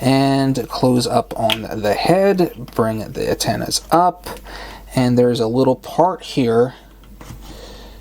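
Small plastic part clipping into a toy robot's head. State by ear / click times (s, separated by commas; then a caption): seated / 7.2 s. While a Transformers Legacy Antagony action figure is being transformed back to robot mode, someone talks as a small plastic part is pressed into the toy robot's head. A short snap is heard at 7.2 s, with a faint tick just before it, as the part clips securely into place.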